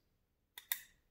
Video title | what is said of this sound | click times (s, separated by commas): Tightening Screws On The Chromatic Harmonica David Kettlewell | hear it click those threads have just cleared the thread in the reed plate | 0.7 s